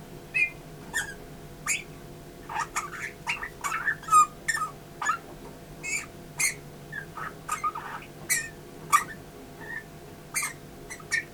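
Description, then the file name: Eurasian bullfinch calls: quiet short whistled notes between rapid sharp clicks and rustling taps that come in busy irregular bursts. "Pyrrhula pyrrhula"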